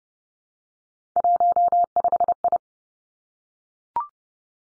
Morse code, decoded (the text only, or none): 15I